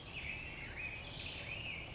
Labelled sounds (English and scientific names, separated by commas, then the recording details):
Black-headed Grosbeak (Pheucticus melanocephalus)
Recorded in Sonoma County, California